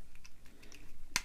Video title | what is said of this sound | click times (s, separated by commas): Transformers Generations Combiner Wars Devastator Part 1 | bring this down and it's gonna lock | 1.2 s